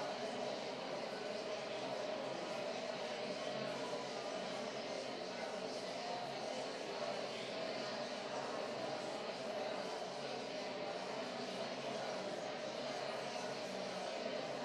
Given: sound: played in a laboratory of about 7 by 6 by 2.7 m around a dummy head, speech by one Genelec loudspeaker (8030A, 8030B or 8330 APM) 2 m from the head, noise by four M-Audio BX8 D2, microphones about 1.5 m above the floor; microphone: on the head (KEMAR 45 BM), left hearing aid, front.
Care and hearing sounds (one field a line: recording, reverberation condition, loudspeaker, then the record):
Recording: babble noise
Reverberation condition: high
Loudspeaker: four, about 170 cm from the corners of the room and facing them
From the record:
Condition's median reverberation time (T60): about 1300 ms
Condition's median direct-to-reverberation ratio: about -4.0 dB